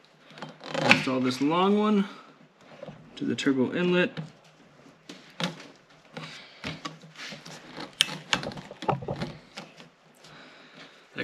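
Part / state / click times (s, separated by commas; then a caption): crankcase breather hose quick-connect onto turbo inlet port / seated / 8.0 s. A long OEM-style crankcase breather (PCV) hose from a Racingline catch can kit on a B9 Audi S4 is pushed onto the turbo inlet fitting while someone talks. Handling and rubbing noises build to a sharp snap at 8.0 s as the plastic quick-connect clicks home. The hose is seated on the turbo inlet port.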